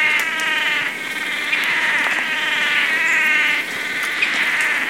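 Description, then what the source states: Swallow-tailed manakin display calls: a sustained chorus of nasal, buzzy tones that swell and fade in long waves. During the dance display; recorded at PESM; 4-5-13.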